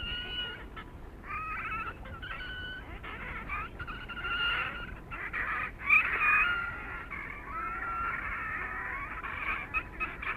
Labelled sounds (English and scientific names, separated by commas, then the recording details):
Red-necked Grebe (Podiceps grisegena) call
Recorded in the wild
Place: Fehmarn, DE
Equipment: Halbspur, 9,5 cm/s
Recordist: Lütgens, Hans
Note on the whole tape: Auch Junge, Mai 1981